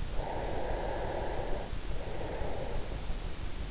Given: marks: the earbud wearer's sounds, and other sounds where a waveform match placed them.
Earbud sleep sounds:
sounds in sleep by an in-ear microphone; breath
0.14-3.22 s: breath

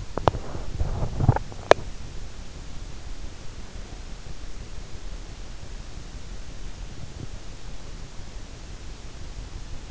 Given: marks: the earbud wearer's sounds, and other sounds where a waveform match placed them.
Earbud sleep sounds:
sounds in sleep by an in-ear microphone; teeth grinding
0.00-2.00 s: teeth grinding

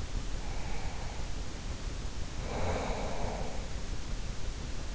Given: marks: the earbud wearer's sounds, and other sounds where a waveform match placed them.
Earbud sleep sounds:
sounds in sleep by an in-ear microphone; breath
0.07-3.95 s: breath

